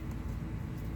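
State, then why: Not seated. While rimming a basket, the end of the lacing is slipped into the basket rim and pulled tight. Only a steady low rumble is heard, with no sharp hits across the one-second clip. Nothing has clicked into place or seated yet.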